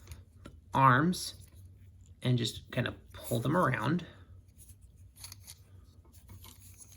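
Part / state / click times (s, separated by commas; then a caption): plastic arm joint into the figure's torso / not seated / none. Someone talks while handling a plastic Transformers Legacy United Bouldercrash action figure, pulling its arms around during transformation so the plastic arm joints will lock into place on the torso. Small scraping and handling sounds come between the speech. Nothing has seated or clicked yet.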